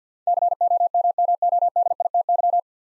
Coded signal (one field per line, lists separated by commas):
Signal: Morse code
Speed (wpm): 49 wpm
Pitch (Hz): 700 Hz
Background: none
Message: COMMODITY